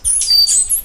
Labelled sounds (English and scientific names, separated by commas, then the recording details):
Stitchbird (Notiomystis cincta) song
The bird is a male
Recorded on Tiritiri Matangi Island, New Zealand, in 2005
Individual 12, of nest box 16